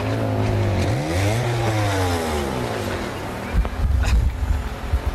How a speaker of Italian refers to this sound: A un certo punto passava lì una macchina, un motorino, non so, c'era un rumore